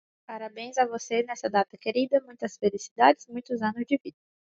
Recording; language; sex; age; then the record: short text; Brazilian Portuguese; female; 20 to 29 years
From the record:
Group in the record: control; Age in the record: 26 years